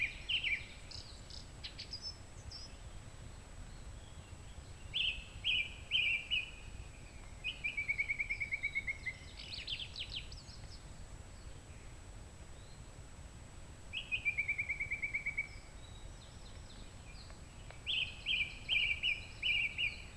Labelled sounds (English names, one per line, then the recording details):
Song Thrush song
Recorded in the wild
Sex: male
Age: adult
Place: Treffen am Ossiacher See, Ossiachersee, Kärnten, AT
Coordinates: 46.67, 13.942
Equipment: Hornyphon, Phillips Mikrofon
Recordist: Brunner, Thomas